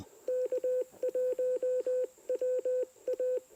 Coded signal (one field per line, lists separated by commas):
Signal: Morse code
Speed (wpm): 20 wpm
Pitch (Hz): 500 Hz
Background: radio noise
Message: K1WA